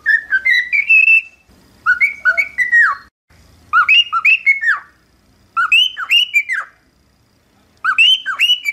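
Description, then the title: Cockatiel whistled song in repeated bursts of quick, swooping two-tone notes, with pauses in between. From a one-hour song recording made for training cockatiels. "Canto De 1 Hora Para Treinar Calopsita"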